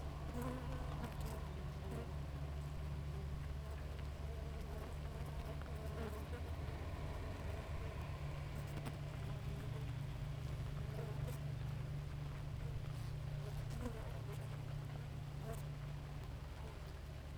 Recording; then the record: honeybee colony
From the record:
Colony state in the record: active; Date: 28 July 2017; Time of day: 4:50